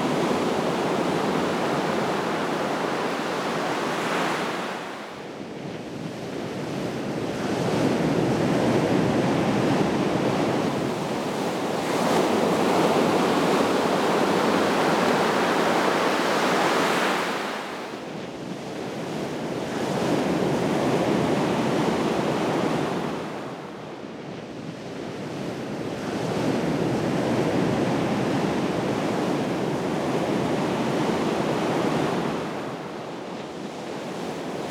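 Waves rumble in one after another, each a long dense roar that swells and holds for several seconds before easing. Brief lulls fall near 5, 18, 24 and 32 seconds, and a steady wind-like hiss runs underneath throughout.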